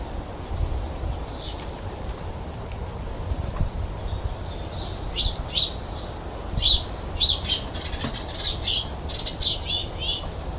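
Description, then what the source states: Common nightingale song: a thin whistle followed by a quickening run of sharp clicking and chattering notes, growing denser toward the end, over soft background hiss. Several nightingales recorded while fighting.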